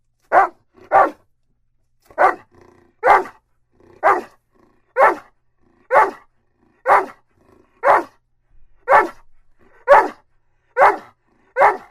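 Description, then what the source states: Dog barking: single barks repeated about once a second, steady and insistent, with short pauses and faint softer sounds between them. A dog named Akila barking.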